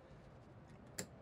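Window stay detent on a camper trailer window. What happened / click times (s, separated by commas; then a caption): The stay arm clicked into a detent position / 1.0 s. An unlatched camper trailer window is pushed outward, and its stay arm clicks into one of its three detent opening positions with a single sharp click at 1.0 s. Before the click there is only a low background hum. The window stay is seated in an opening position.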